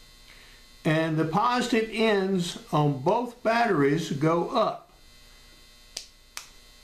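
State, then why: Seated. Someone talks over a steady mains hum, then the talking stops and the batteries, positive ends up, are pressed into the plastic grip compartment of a Crimson Trace laser-sight revolver grip. Two short, sharp clicks are heard at 6.0 s and 6.4 s as the second battery seats. The batteries are in.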